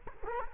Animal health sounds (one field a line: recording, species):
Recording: mosquito wingbeat signal from an infrared sensor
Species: Culex quinquefasciatus